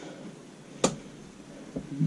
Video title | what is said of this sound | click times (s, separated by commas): Chainsaw Maintenance and Beginning of Season Prep | pull your chain something just clicked into place there | 0.8 s